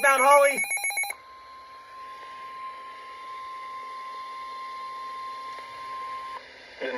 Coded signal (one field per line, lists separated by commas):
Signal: Emergency Alert System (SAME) tones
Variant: 1050 Hz attention tone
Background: speech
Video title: EAS 676 - SVR